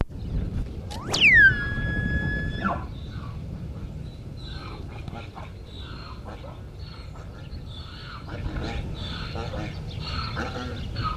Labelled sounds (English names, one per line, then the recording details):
Wapiti
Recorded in captivity
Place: Tierpark Berlin, Berlin, DE
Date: 1974-09-28
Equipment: Uher 4200 Report Stereo, Sennheiser MD 421, Verstärker
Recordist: Tembrock, Günter